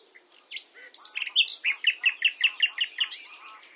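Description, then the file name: Common nightingale song: a few varied calls, then a steady series of many rhythmic chirped notes. "Luscinia megarhynchos"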